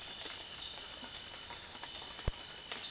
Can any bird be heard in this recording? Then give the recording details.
no. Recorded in secondary vegetation near Puerto Asís, Putumayo, Colombia, on 19 March 2025 at 01:30. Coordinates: 0.499, -76.323. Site G094